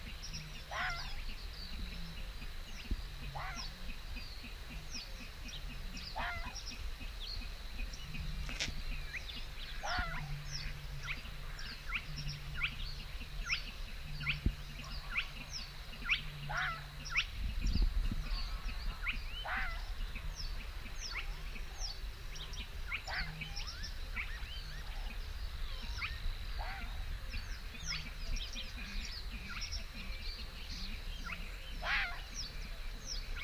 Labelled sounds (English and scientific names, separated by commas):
Red Fox (Vulpes vulpes)